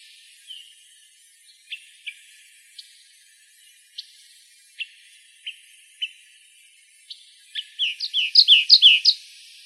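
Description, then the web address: Olive warbler giving spaced single chip notes roughly every half second to second, ending in a louder rapid sequence of sharp, bright notes. Recorded in Arizona. "Other Warblers AZFO OLWA. deviche"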